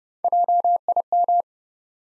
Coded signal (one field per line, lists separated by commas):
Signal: Morse code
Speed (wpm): 30 wpm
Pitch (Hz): 700 Hz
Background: none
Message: JIM